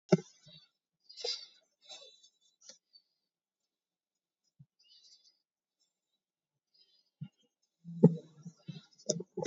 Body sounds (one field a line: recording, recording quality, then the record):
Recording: deep breathing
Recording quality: poor, much background noise or distortion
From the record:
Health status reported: COVID-19 positive, moderate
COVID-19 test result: positive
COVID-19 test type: RT-PCR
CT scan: not taken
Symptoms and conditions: cough, cold, sore throat, fever, muscle pain, loss of smell and taste, diarrhoea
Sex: male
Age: 37 years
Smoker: no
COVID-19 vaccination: one dose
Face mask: worn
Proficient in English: yes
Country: India